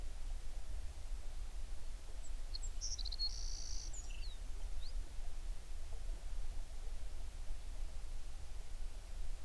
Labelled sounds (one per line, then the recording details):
songbird
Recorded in the Prudhoe Bay oil fields, Alaska, on 11 June 2019 at 04:44
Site 21